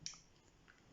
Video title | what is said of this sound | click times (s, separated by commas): Gear indicator Honda CBR600rr | Oh, there we go. You can hear it click when it goes in. | 0.1 s